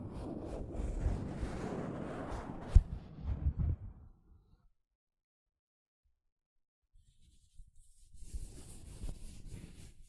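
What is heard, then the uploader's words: Soft fabric brushes against a microphone, a dense, rough rustle strongest in the low end that runs for about four seconds, with a sharp bump near 2.8 seconds. Silence follows until around 8 seconds, when the brushing returns, lighter and brighter, to the end. ASMR Mic Brushing using Soft Fabric (No Talking).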